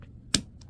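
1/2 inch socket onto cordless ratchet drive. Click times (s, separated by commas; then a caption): 0.3 s. A 1/2 inch socket is pushed onto the drive of a Craftsman V20 cordless extended-reach multi-size ratchet. A sharp, loud snap at 0.3 s stands out over faint ticks just before and after it, and the socket seats on the drive.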